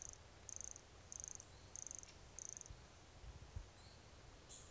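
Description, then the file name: Pumpkin toadlet call: five short, high, buzzy pulsed notes evenly repeated about every 0.6 seconds, then a pause, with low background rumble. Recorded at Serra do Guarau, Serra do Guaraqueçaba, 22 October 2016; calling animal not collected. "Brachycephalus sulfuratus Serra do Guarau not collected 22 out 2016 MRBornschein"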